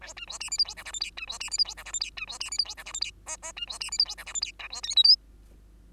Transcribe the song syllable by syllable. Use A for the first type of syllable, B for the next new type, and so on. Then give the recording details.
A B C D E F G H I J K B C D E F G H I J K B C D E F G H I J K L L B C D E F G H I J K B C M N O. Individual Bird2